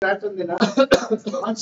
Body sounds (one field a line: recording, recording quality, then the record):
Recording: heavy voluntary cough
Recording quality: poor, much background noise or distortion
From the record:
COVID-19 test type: RT-PCR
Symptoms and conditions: cough, cold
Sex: male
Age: 20 years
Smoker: no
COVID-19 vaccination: both doses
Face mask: worn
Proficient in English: yes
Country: India